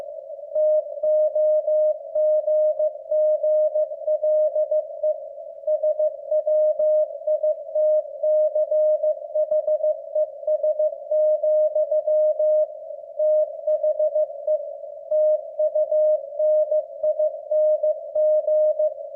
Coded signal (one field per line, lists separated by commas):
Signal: Morse code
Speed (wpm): 15 wpm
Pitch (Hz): 610 Hz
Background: none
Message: TOGGLE SWITCHES, THE TUNING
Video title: W1AW 15 WPM MORSE CODE PRACTICE - with captions